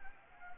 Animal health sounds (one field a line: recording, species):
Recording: mosquito wingbeat signal from an infrared sensor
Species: Anopheles arabiensis